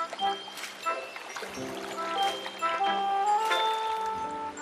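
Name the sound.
water trickling and pouring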